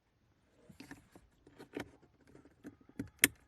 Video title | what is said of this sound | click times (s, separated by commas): 2011 Ford Escape: Blower motor resistor replacement. | i've got the screws in now just plug the connector back in snapped | 3.2 s